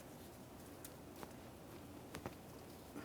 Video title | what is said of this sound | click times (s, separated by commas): How to Replace Neutral Safety Switch 1994-2002 Dodge Ram 2500 | get a nice click from that we'll give it a tug that feels good | 2.1 s